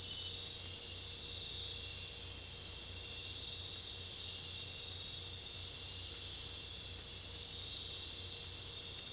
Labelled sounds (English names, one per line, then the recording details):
none
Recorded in secondary vegetation near Puerto Asís, Putumayo, Colombia, on 26 December 2024 at 00:30
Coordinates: 0.484, -76.319
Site GP06